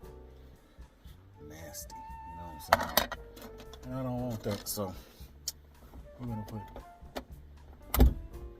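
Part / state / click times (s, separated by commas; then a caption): map light lens cover into overhead console housing / seated / 7.9 s. A plastic map light lens cover is pressed into the overhead console housing of a 1997 Chevy K1500 pickup truck while someone talks and music plays in the background. A sharp snap at 7.9 s marks the lens seating in place, confirmed right afterward.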